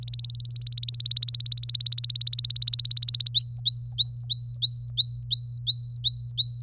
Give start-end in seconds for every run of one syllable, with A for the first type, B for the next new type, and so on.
0.03-3.29 A, 3.34-6.61 B